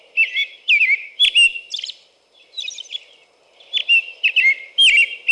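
American robin carols in bursts of slurred whistled notes and thin high squeaks, with a brief lull midway before the phrases resume.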